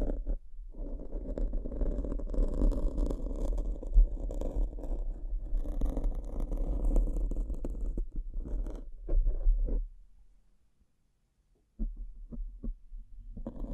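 Bling bling triggers: a dense, continuous rustling and scraping with a steady low rumble runs for about ten seconds, broken by quick taps near eight and nine seconds. It drops to near silence around ten to twelve seconds, then sparse scratchy taps return.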